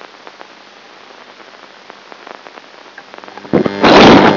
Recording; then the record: brain microelectrode recording played as sound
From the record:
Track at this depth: outside the subthalamic nucleus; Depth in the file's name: 0.01 mm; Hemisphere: left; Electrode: 2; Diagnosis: Parkinson's disease